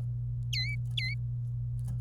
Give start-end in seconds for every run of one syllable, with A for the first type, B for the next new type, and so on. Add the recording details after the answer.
0.53-1.14 A. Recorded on 25 April 2018 at 17:01. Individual llb3